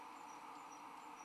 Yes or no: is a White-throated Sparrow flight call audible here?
no